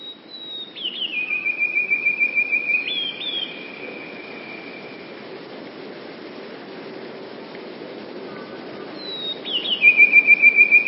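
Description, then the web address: Eurasian blue tit song: high thin notes lead into a quick, steady trill, then a short high phrase; after a quiet pause the song starts again. "wroblowe teka spiew modraszkoteka"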